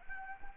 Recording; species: mosquito wingbeat signal from an infrared sensor; Anopheles arabiensis